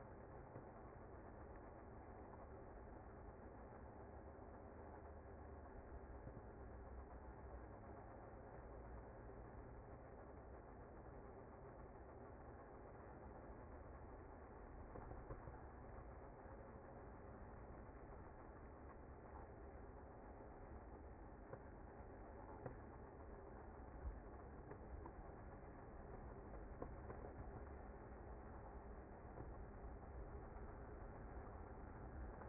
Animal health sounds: honeybee colony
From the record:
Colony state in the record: active

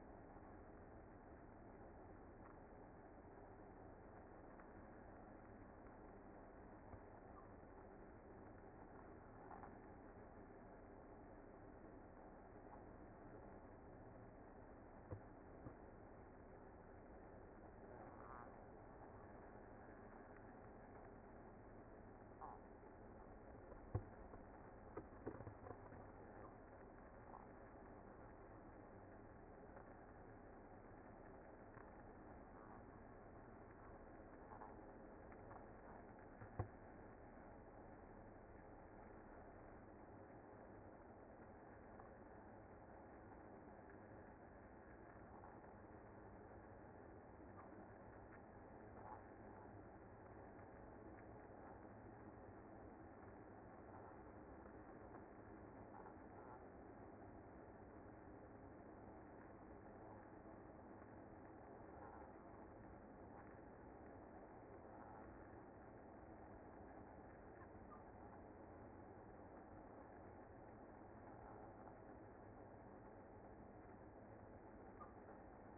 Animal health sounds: honeybee colony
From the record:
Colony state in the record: active

